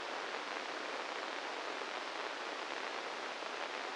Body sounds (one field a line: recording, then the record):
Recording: brain microelectrode recording played as sound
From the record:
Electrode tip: inside the subthalamic nucleus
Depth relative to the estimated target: -1 mm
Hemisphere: right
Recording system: NeuroSet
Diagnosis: Parkinson's disease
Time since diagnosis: 8 years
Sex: male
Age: 58 years